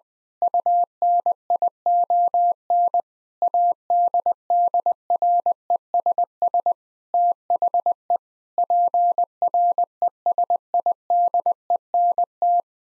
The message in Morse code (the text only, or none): UNION ADDRESS THE PRESIDENT